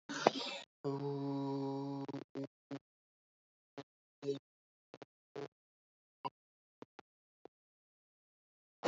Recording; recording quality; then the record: sustained vowel as in boot; moderate, slight background noise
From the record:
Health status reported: healthy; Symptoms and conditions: none ticked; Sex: male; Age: 34 years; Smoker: not ticked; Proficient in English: yes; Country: India